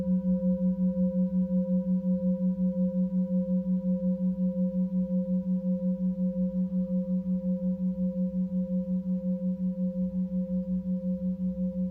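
A Tibetan singing bowl sustains a steady low hum with a bright overtone, pulsing in a fast, even wobble throughout without fading.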